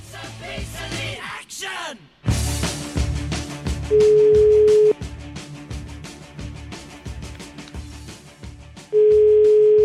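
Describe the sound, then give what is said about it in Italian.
Two steady, mid-pitched ringback tones of an outgoing phone call to the new mayor of Cascina, each lasting about a second with a long pause between, sounding loud over a rhythmic music bed. “Io farei una telefonatina a questo neo sindaco di Cascina.”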